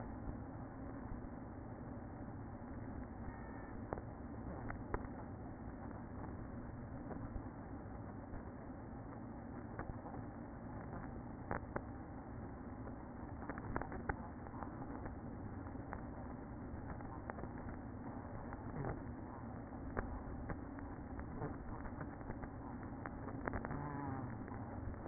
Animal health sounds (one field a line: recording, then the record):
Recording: honeybee colony, microphone inside the hive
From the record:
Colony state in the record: queen present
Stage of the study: after two queens were removed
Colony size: about 60,000 bees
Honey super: yes